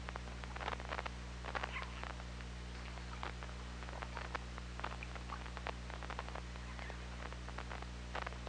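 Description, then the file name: Killer whale call, a brief tonal burst near the start, set against dense rapid clicking and steady low-pitched hum throughout. Recorded underwater by OrcaLab hydrophone on 24 August 2017 at 21:22. "Orca Lab UTLN JASON 20170824 212231"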